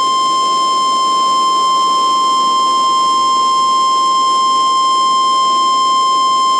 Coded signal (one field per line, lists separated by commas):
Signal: Emergency Alert System (SAME) tones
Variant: 1050 Hz attention tone